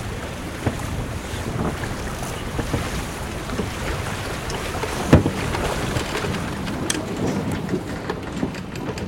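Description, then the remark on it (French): Steady wind rushes over the water as a sailboat glides along with no engine running, broad hissing noise broken by occasional soft knocks and splashes against the hull. “On arrête le moteur, c'est toujours le meilleur.”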